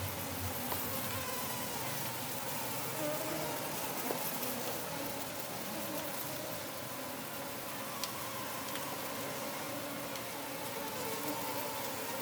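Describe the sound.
Gnat swarm buzzing, a steady dense whine of many wavering tones with faint scattered clicks throughout.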